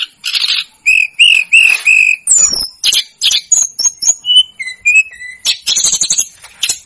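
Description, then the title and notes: Snowy-browed flycatcher song: repeated short whistles on one pitch, then varied thin high notes and dry clicking chips in an irregular sequence. Masteran recording for training cage birds; local names tledekan gunung and sikatan gunung. "Masteran Tledekan Gunung Sikatan Gunung 1. BURUNG TLEDEKAN"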